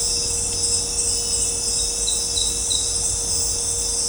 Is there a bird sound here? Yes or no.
no